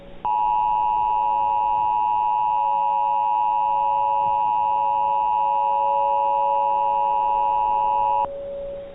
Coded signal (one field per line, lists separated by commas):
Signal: Emergency Alert System (SAME) tones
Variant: 853 and 960 Hz attention tone